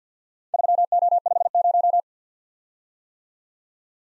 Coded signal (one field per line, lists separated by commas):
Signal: Morse code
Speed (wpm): 52 wpm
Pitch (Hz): 700 Hz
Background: none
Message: 3O50